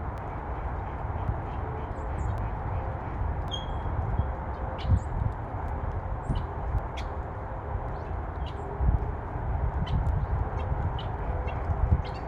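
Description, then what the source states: Birds chirping, short high scattered chirps and a few brief whistles over a constant low roar of traffic. Recorded with freeway traffic far in the background.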